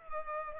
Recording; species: mosquito wingbeat signal from an infrared sensor; Culex pipiens